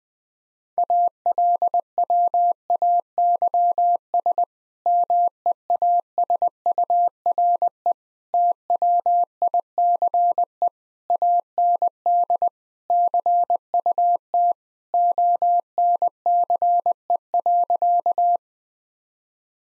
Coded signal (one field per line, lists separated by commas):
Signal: Morse code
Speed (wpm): 21 wpm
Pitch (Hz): 700 Hz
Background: none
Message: ALWAYS MEASURE TWICE AND CUT ONCE.